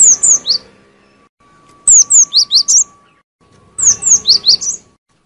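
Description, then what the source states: Lovebird high squeaky call notes, sharp downslurred chirps grouped in threes to fives, repeated about every two seconds, with a faint steady tone underneath. Lure call used for trapping birds.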